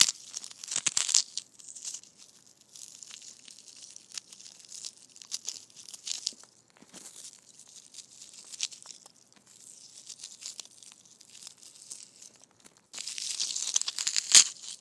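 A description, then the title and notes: Foam balls being squished make soft, crinkly rustling with hissy, bright edges, coming in uneven bursts throughout. The busiest, loudest squeezing falls near the start, around one second, and again at the end from about thirteen seconds on, with quieter scrunching between. ASMR Foam Balls Squishing.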